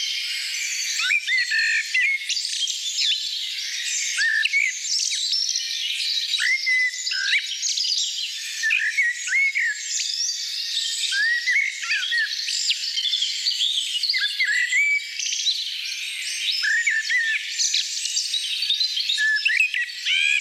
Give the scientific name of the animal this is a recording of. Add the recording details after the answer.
Turdus merula. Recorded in the wild. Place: Lilienhof / Kaiserstuhl, Baden-Württemberg, DE. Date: 1989-04-16. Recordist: Schwarz, Dieter